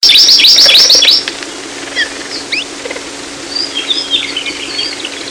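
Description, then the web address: Amakihi giving a fast, high, even trill lasting just over a second, followed by scattered thin chirps and slurred notes over a steady low hum. July 2011. "2011 07 Amakihi"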